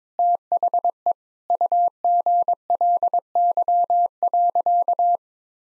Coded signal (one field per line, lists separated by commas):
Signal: Morse code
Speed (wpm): 22 wpm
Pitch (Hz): 700 Hz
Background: none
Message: THE UGLY.